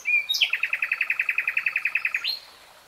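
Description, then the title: Nightingale song: a brief rising note, then a fast, even series of many buzzy repeated notes lasting about two seconds, ending in a high upslurred whistle. "[Tiếng chim hót] Nightingale Singing"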